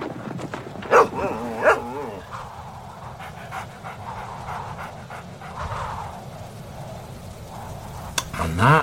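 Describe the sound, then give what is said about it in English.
A few sharp barks and yelps from dogs come in short bursts, with whimpering and steady panting filling the gaps over a low, constant background rumble. “I left you dogs long way. You've been fed and...”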